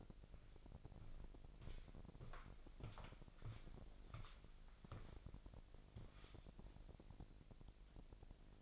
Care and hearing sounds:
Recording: daily activity, microphone in the room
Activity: walk to room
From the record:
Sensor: 5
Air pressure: 1002.1 hPa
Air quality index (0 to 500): 248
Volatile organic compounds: 7 ppm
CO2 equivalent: 2014 ppm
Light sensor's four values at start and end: 33/77/31/33 and 32/74/31/33

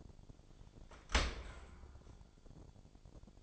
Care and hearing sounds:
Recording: daily activity, microphone in the room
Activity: open dishwasher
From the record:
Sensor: 5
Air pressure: 1007.0 hPa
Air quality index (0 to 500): 181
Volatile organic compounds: 5 ppm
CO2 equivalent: 1727 ppm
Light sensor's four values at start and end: 52/144/57/57 and 52/144/57/56

